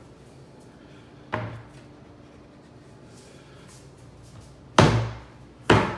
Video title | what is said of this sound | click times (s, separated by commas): Home Vlog Day 32 - CO Guy Stuff | the sides down snap in place push it back together snap | 4.8 s, 5.7 s